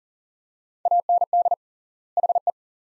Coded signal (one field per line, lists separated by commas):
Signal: Morse code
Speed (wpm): 38 wpm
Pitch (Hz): 700 Hz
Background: none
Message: AND HE